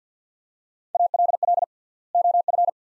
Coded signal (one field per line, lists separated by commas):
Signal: Morse code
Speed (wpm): 50 wpm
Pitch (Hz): 700 Hz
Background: none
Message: ALL OF